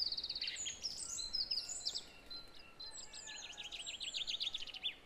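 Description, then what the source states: Song thrush song: high, quick repeated note series, including a rhythmic run of sharp notes near the end. Recorded at 06h.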